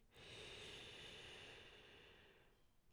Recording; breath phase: one breath near a microphone; inhalation